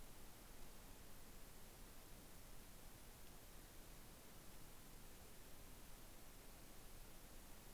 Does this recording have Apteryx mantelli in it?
no